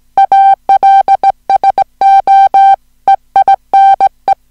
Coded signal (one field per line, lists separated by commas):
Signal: Morse code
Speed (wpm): 17 wpm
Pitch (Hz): 780 Hz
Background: music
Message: ALSO EINE